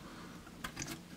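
An A4988 stepper driver module is placed over its header pins on a RAMPS 1.4 controller board and pressed down until it is seated. A sharp click is heard at 0.7 s, followed by a fainter tick about 0.8 s, over a steady low hum.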